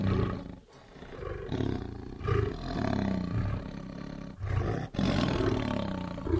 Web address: big cats|lions